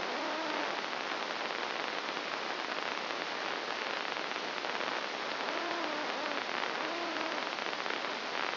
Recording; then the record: brain microelectrode recording played as sound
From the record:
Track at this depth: inside the subthalamic nucleus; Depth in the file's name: 3.502 mm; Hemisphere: left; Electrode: 2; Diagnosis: Parkinson's disease